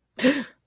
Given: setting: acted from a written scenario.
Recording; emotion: vocal sound without words; negative surprise